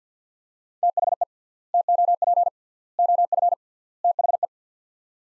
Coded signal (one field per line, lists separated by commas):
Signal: Morse code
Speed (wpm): 49 wpm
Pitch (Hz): 700 Hz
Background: none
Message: THE TOP OF THE